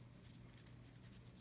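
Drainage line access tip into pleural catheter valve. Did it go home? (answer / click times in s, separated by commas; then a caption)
no / none. The plastic access tip of a drainage line is handled at the valve of an indwelling pleural catheter, with a steady low hum under a few faint, small taps, the most noticeable near 0.6 s. Nothing has seated or clicked yet; the clip ends before the tip goes home.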